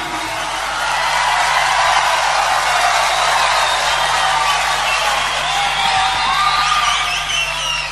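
A large audience applauds and cheers steadily for several seconds, a dense, loud wash of clapping with scattered whoops and high whistle-like shouts rising above it, no speech.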